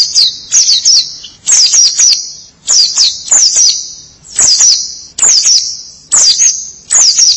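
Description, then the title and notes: White-eye song: high, rapid twittered phrases repeated in quick succession, each a cluster of quick sweeping chirps. "Suara kicauan burung pleci"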